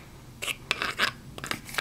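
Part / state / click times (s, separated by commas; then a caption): knife blade into Kydex neck sheath / seated / 0.7 s. A small Brous Silent Soldier Version 2 fixed-blade knife is pushed into its formed Kydex neck sheath, with short scraping, rasping bursts of the blade sliding against the sheath. It snaps into the retention with a sharp click at 0.7 s, and the knife is seated firmly enough that it takes effort to pull back out.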